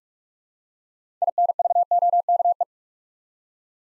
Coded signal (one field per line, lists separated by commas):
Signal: Morse code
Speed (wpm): 44 wpm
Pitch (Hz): 700 Hz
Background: none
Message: INVOKE